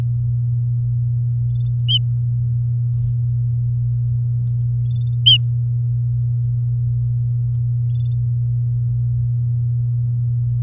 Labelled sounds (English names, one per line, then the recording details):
Domestic Canary song
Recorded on 8 May 2018 at 08:07
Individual llb16